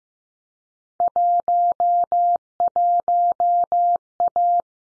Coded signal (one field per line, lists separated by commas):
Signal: Morse code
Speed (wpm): 15 wpm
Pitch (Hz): 700 Hz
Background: none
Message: 11A